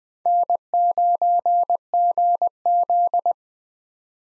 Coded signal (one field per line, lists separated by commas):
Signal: Morse code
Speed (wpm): 20 wpm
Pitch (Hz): 700 Hz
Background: none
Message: N9GZ